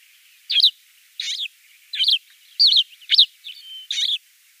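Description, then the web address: Lesser short-toed lark song: six brief, high chirping notes separated by short pauses, with a faint thin whistle between the last two. "Schulze Peter Lesser Short-toed Lark"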